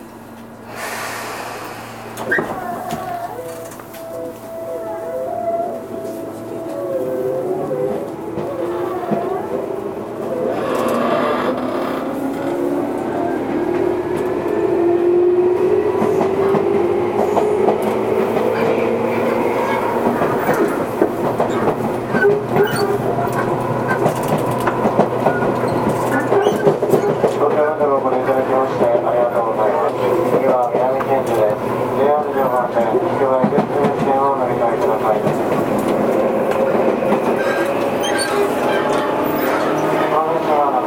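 Running sound from inside a Tobu 20000 series commuter train. It starts fairly quiet with a steady hum and rising motor whine, then builds after about ten seconds into a loud, steady roar of wheels and rattling that holds to the end.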